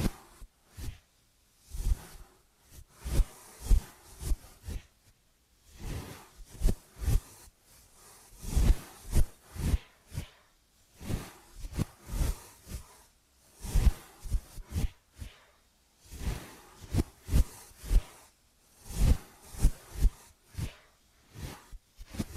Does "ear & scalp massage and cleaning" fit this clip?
yes